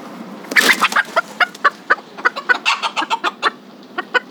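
Chicken clucking, a loud burst at first, then short clucks about four per second, thinning out at the end.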